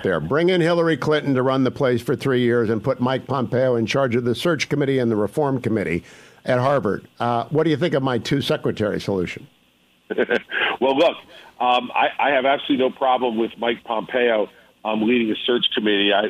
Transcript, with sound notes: Bring in Hillary Clinton to run the place for three years, and put Mike Pompeo in charge of the search committee and the reform committee at Harvard. What do you think of my two secretary solution?
(laughing) Well, look, I have absolutely no problem with Mike Pompeo leading a search committee.